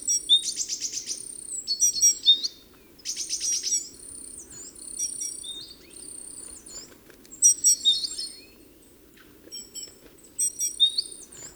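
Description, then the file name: Great tit calls: loud bursts of high chirps and buzzy rattling notes, repeated in groups with pauses between, over a faint low background hum. "Parus major"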